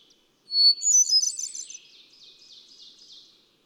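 Hermit thrush phrase: a held whistle, then a high shimmering trill fading into a series of softer descending echoed notes.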